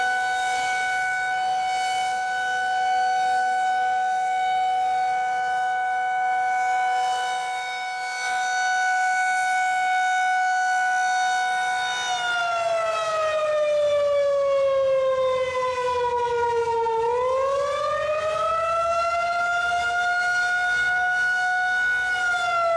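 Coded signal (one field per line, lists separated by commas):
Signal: siren signal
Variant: Federal Signal 2001-130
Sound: loud steady siren wail that briefly sags in pitch, then climbs back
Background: outdoor ambience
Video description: Today, however, the county sent out the tones for alert first, and after two minutes toned out the 2 minute attack cycle.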